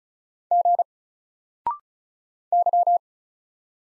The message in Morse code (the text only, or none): G Y